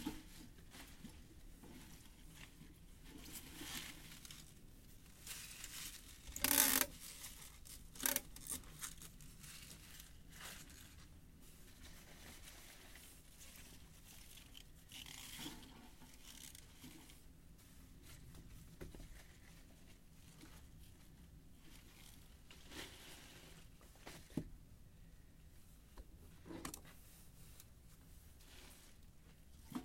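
Evening work preparing harvested mizukake-na greens for shipping: bunches weighed and wrapped with tape. Soft rustling and handling noises fill the clip, with a loud sharp tearing burst near 6–7 seconds and shorter crackling or ripping sounds scattered through, like near 8, 15 and 24 seconds.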